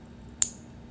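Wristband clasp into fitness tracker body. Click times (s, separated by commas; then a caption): 0.4 s. A new plastic band's clasp is lined up and pushed straight into the body of a Fitbit Alta fitness tracker. Against a quiet background, a single sharp, bright click sounds at 0.4 s with a brief high ring. The band is seated in the tracker.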